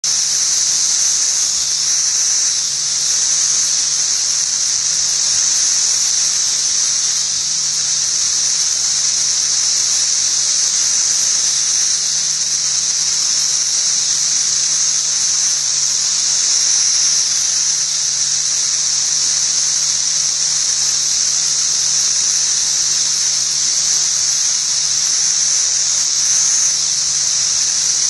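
Seventeen-year cicadas fill the whole clip with a dense, unbroken high-pitched whir, a steady wall of shrill buzzing with slight surges and dips. A faint low hum runs constantly underneath, and nothing else stands out from the chorus.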